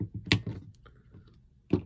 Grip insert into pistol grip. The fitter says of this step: Once you hear that little click,